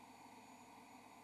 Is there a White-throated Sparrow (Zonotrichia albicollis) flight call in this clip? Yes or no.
no